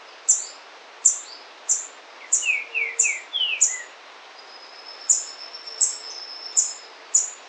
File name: White browed foliage gleaner